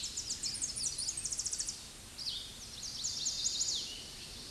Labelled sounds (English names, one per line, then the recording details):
Chestnut-sided Warbler song
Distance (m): 20 m
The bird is about 10 m above the microphone
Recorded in a Pennsylvania forest on 16 May 2024 at 08:16
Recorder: AudioMoth, point MSD-2257
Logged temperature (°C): 16.0 °C
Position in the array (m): 184 m, 189 m